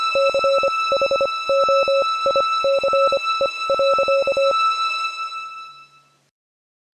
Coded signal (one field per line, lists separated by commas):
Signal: Morse code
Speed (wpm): 25 wpm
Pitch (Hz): 550 Hz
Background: none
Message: CHOICE.